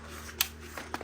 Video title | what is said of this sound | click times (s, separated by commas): Corvids Aluminium telescopic ladder - Amazon - Clints Tech | lock ആയത് ഇതാണ് കേട്ടോ ഇതിന്റെ ലോക്കിങ് വരുന്നത് ഇത് കണ്ടോ ഇപ്പൊ ഈ | 0.4 s